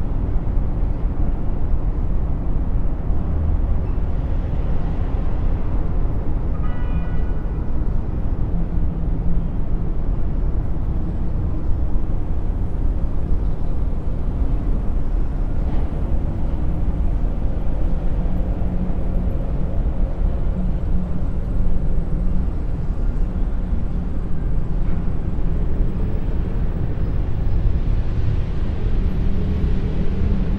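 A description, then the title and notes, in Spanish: A city soundscape of steady low traffic rumble that fills the whole clip, dense and unbroken, with little change in loudness. A brief higher tone rises near the six-second mark, and faint passing swells and murmurs come and go underneath. Paisaje Sonoro de la Ciudad | Sonidos desde el Horizonte con Ondas Binaurales Delta. Les invitamos a unirse a nosotros a 20 pisos sobre el bullicioso paisaje urbano. Un tapiz de sonidos que crean un reconfortante murmullo de ruido browniano.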